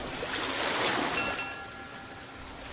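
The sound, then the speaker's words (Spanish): Ocean waves wash in a steady hiss that swells early on and then settles into a constant churn, with faint thin tones drifting above. No one speaks. “y apareció un océano con un barco particular.”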